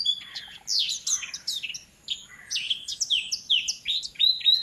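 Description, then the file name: Eurasian blackcap song: quick, varied warbling of high squeaky and whistled notes, with a short pause and then a run of clear, sliding whistles. "Sylvia atricapilla"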